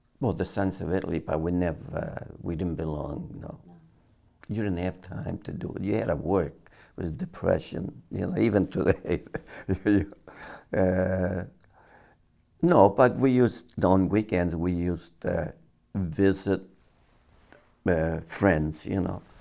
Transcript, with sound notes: Well, the Sons of Italy, but we didn't belong, no. You didn't have time to do it; you had to work! But the Depression, you know, even today! [laughs] No, but we used, on weekends we used to visit friends, you know.